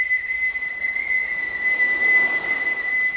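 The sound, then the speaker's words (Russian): A boatswain's whistle aboard the corvette Korshun, calling all hands on deck to set sail and weigh anchor: one shrill, piercing high-pitched tone held steadily for about three seconds, fairly loud, with no voices over it. “Капитаны, прошу последовать на борт корвета «Коршун». Свистать всех наверх!”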